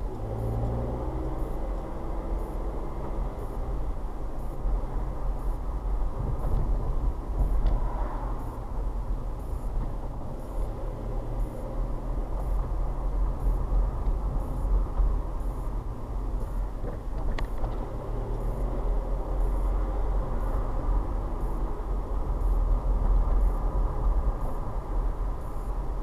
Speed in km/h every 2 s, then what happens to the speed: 27, 32, 32, 31, 26, 26, 31, 31, 26, 29, 34, 35, 34.
0-5 steady at about 32. 5-8 slows to 26. 8-17 steady at about 26. 17-21 speeds up to 35.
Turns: none.